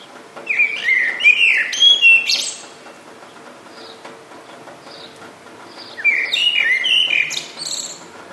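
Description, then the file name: Bird singing two rapid warbling phrases of chirpy whistled notes, each about two seconds long, separated by a gap with faint chirps. "zvuki peniia ptits"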